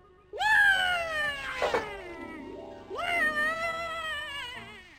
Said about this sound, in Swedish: En katt, var?